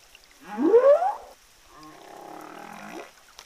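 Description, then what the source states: Humpback whale song: a loud upswept whoop with rich harmonics, then a softer moan lasting over a second. Humpback whales of the southern Indian Ocean, found by a study to be singing different song tunes.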